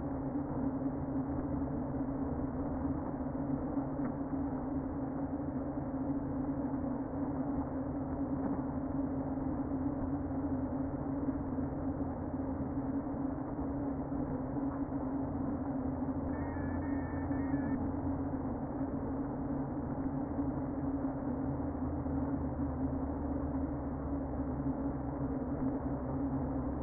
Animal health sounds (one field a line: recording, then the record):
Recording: honeybee colony, microphone inside the hive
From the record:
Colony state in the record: queen present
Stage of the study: before two queens were removed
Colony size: about 60,000 bees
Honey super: yes